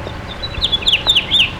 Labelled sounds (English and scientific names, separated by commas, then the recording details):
House Finch (Haemorhous mexicanus) song
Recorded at Baldwin on Long Island, New York, on 28 May 2013
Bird I